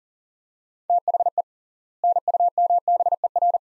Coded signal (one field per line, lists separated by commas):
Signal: Morse code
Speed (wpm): 40 wpm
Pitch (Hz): 700 Hz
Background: none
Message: THE NUMBER